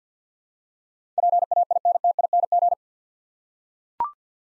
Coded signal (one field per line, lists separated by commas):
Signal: Morse code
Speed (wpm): 45 wpm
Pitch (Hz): 700 Hz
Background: none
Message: PAINTING